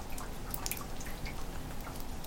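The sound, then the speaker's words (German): Water drips into rain barrels as they fill, while wind blows around the house, in late October. Scattered, irregular plinks and taps, fairly quiet, sound over a steady low rumbling hiss with no voices. “Und die Tonnen füllen sich mit dem schönen matten Wasser.”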